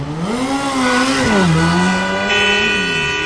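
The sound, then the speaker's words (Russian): A motorcycle engine revs loudly and steadily as it swerves across two lanes of a road and turns in front of a gas station amid other vehicles' honking horns, its pitch climbing, dipping, then rising again in a continuous drone, with a high steady whine joining near the end. “Мотоцикл лихо махнул через две полосы и под сердитое гудение чужих клаксонов свернул перед заправкой”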